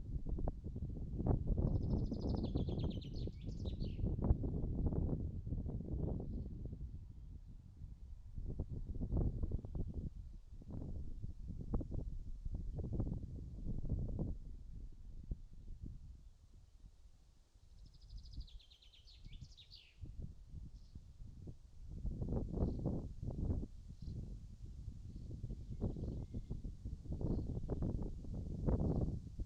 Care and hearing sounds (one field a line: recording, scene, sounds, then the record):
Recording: everyday scene through a hearing-aid microphone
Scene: wind on the microphone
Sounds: wind, birds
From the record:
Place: in front of a rural house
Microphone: in the ear canal, right